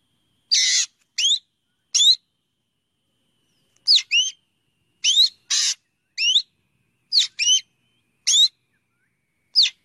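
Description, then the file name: Black drongo calls: sharp rising whistled notes, some in pairs, mixed with harsh rasps, at irregular intervals with one longer pause early on. "Tieng chim Cheo Beo"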